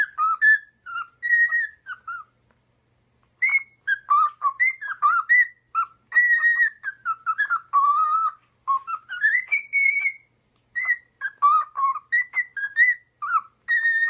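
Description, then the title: Cockatiel whistled song: a lively, varied stream of clear notes that rise and fall in quick phrases, with brief pauses between bursts. Several cockatiels singing a whistled song. "Calopsitas Cantando Assobio"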